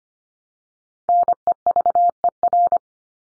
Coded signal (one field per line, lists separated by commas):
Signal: Morse code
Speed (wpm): 25 wpm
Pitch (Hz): 700 Hz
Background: none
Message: NEVER